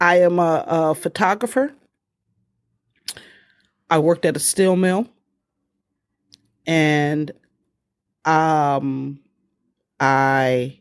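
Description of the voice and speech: An adult woman who has aphasia after two strokes speaks in short, halting phrases separated by pauses of one to two seconds. She drags out sounds on 'and', 'um' and 'I' while her voice stays clear. This broken, effortful phrasing fits her aphasia.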